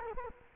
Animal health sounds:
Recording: mosquito wingbeat signal from an infrared sensor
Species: Culex quinquefasciatus

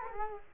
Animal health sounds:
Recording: mosquito wingbeat signal from an infrared sensor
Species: Culex quinquefasciatus

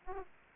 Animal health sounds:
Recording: mosquito wingbeat signal from an infrared sensor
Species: Aedes aegypti

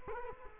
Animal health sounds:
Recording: mosquito wingbeat signal from an infrared sensor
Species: Culex quinquefasciatus

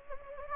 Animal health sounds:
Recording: mosquito wingbeat signal from an infrared sensor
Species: Anopheles gambiae

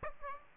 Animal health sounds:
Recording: mosquito wingbeat signal from an infrared sensor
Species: Aedes aegypti

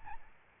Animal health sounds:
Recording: mosquito wingbeat signal from an infrared sensor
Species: Aedes albopictus

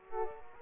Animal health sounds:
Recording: mosquito wingbeat signal from an infrared sensor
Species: Culex pipiens

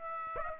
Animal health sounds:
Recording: mosquito wingbeat signal from an infrared sensor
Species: Aedes aegypti

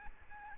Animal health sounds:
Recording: mosquito wingbeat signal from an infrared sensor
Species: Aedes albopictus

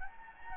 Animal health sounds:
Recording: mosquito wingbeat signal from an infrared sensor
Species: Anopheles gambiae

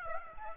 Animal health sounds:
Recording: mosquito wingbeat signal from an infrared sensor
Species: Aedes aegypti

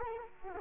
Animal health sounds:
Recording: mosquito wingbeat signal from an infrared sensor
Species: Culex quinquefasciatus

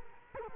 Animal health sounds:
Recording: mosquito wingbeat signal from an infrared sensor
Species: Culex quinquefasciatus

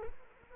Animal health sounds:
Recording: mosquito wingbeat signal from an infrared sensor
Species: Culex quinquefasciatus

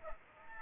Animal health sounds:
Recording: mosquito wingbeat signal from an infrared sensor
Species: Aedes aegypti

